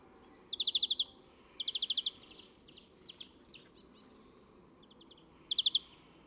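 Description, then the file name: European greenfinch giving quick rattling trills of clipped notes, a softer twittering passage in between, then another trill near the end. "Chloris chloris"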